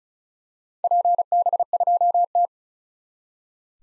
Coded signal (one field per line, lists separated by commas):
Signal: Morse code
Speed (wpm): 36 wpm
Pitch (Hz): 700 Hz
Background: none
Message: PB2T